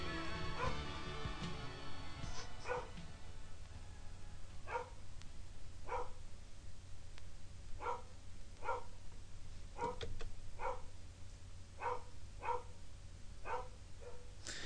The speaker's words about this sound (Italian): Allora, quello che sta ascoltando in sottofondo sono i miei cani.